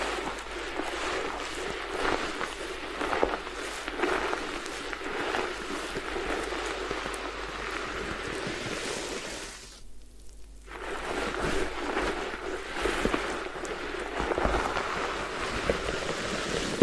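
Hair being washed and massaged during a head spa: a dense, steady scratching and rubbing with quick strokes repeating every second or so. Near the ten-second mark the scrubbing stops briefly, then resumes at the same busy pace.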